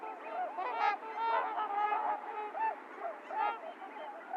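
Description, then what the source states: Trumpeter swans giving bugling honks, a few distinct nasal calls over a background of other swans calling. Recorded 28 January 2022; recording low-cut filtered; several swans.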